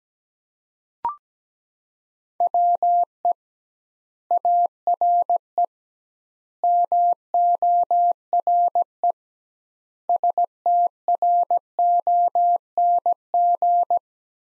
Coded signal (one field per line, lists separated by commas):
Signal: Morse code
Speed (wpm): 17 wpm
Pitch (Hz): 700 Hz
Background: none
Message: WE ARE MORE STRONG